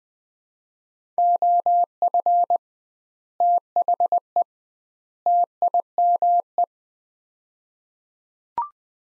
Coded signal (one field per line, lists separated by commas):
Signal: Morse code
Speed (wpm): 20 wpm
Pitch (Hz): 700 Hz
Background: none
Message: OF THE TIME